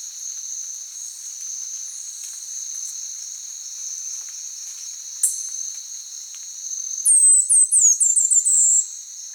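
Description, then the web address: Orange-billed sparrow giving a quick series of very high, thin, downslurred notes near the end, over a steady high insect drone. Recorded in Ecuador. "Natures Songs S America Birds of Ecuador. Orange-Billed Sparrow"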